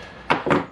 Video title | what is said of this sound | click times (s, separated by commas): 2003 Honda VFR800 VTEC - Clutch Master Cylinder Removal, Renovation & Fitment. | it almost is as you can see it's not fully seated so | 0.3 s